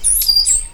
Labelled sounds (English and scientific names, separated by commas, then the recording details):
Stitchbird (Notiomystis cincta) song
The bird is a male
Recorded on Tiritiri Matangi Island, New Zealand, in 2005
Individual 8, of nest box 10